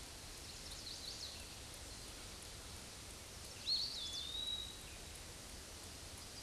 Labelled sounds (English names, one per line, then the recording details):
Eastern Wood-Pewee song
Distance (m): 30 m
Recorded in a Pennsylvania forest on 18 May 2023 at 06:20
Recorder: AudioMoth, point grid1_20_low
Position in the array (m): 74 m, 199 m